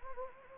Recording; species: mosquito wingbeat signal from an infrared sensor; Anopheles gambiae